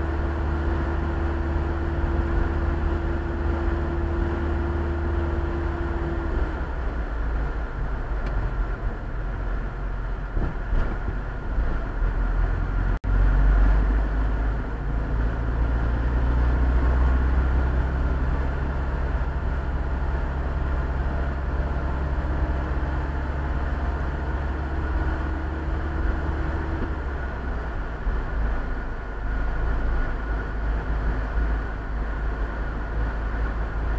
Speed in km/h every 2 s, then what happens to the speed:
42, 43, 43, 43, 38, 30, 26, 27, 31, 33, 34, 35, 38, 38, 39, 40, 41.
0-6 steady at about 43. 6-11 slows to 26. 11-24 speeds up to 38. 24-34 steady at about 39.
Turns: none.